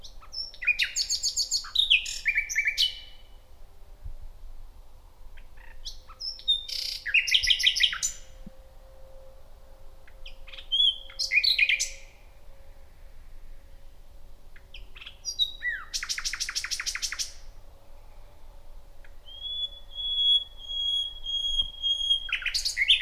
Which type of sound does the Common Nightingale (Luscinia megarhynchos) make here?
song